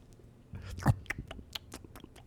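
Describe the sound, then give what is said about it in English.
Fritos corn chips being chewed: a loud bite followed by a series of sharp, irregular crackling crunches, each brief and bright, with no talking. “Good Fritos.”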